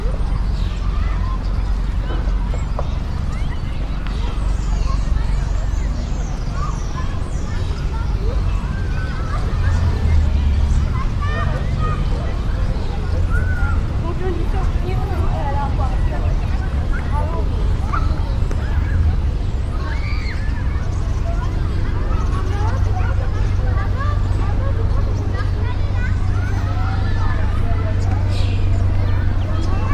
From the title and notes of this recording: City Park Ambience. Relax outside at your favorite city park on a warm, sunny day. Birds chirp, children play, and traffic rumbles softly in the distance.